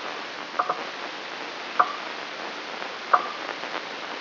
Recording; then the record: brain microelectrode recording played as sound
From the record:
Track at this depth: outside the subthalamic nucleus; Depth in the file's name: 7.26 mm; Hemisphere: left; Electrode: 3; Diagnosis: Parkinson's disease